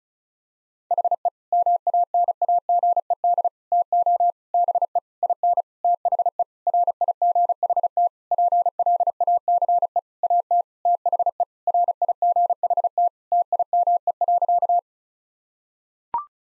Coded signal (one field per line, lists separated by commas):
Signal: Morse code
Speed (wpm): 36 wpm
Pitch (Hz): 700 Hz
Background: none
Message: HE MANAGED TO BE IN THE RIGHT PLACE AT THE RIGHT TIME.